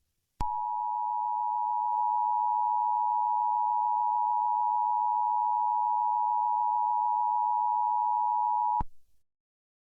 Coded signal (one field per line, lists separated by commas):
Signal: Emergency Alert System (SAME) tones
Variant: 853 and 960 Hz attention tone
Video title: EAS Amber Alert - Pensacola, Escambia County Florida - Mon 9 23 2024 at 7 pm (2 alerts)